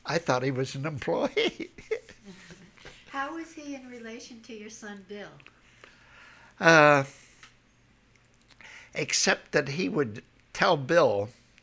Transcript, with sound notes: I thought he was an employee. ( he laughs )
How was he in relation to your son Bill?
Except that he would tell Bill